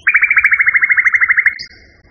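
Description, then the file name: Common nightingale song, a loud rapid trill of about twenty identical notes over roughly one and a half seconds, ending in a thin high note. Song variation. "kicauan nightingale b variasi. omkicau"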